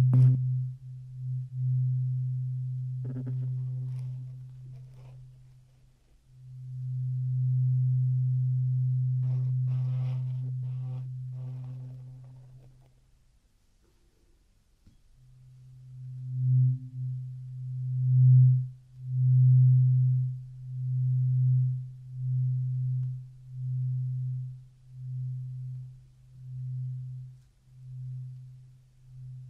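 During the ear cleaning, a low, steady hum drones, breaking briefly near six seconds and fading out around thirteen. Faint scratchy clicks cross it at about 3–5 and 9–12 seconds. The hum then returns, pulsing in a regular wobble until the end.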